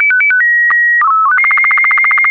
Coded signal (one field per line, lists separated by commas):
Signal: SSTV (slow-scan television)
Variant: Robot BW 8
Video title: Daily Minutes, January 5, 2016, without the Contestia